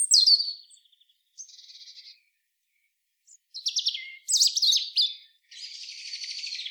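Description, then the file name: European robin song in short varied bursts: a falling high note, a brief buzzy trill, pauses, then sharp high warbled phrases and a scratchy trill at the end. "Erithacus rubecula"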